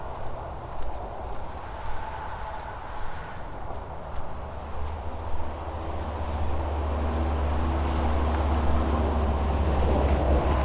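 Footsteps clop unevenly along a forest walk, then a deep, steady rumble swells in from about five seconds and grows louder to the end.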